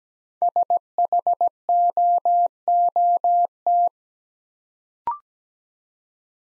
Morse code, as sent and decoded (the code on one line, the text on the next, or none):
... .... --- --- -
SHOOT